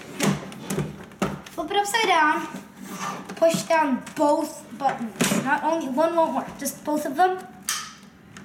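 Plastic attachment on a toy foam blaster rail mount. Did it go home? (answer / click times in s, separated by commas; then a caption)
released / 7.7 s. Someone talks while a toy foam blaster is held upside down and both release buttons on the plastic attachment on its rail mount are pressed together. At 7.7 s the attachment unlatches with a small click and is released.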